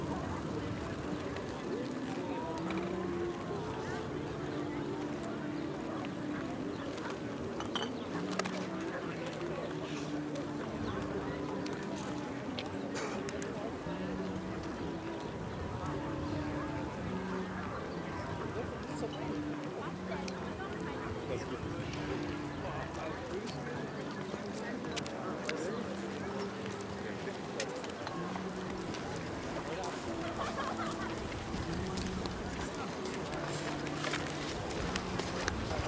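Hundreds of people go about their activities at Tempelhofer Freiheit in Berlin, their voices blending into a steady, dense murmur of talk. Individual speakers surface now and then, with scattered short clicks and knocks throughout and no real change in loudness.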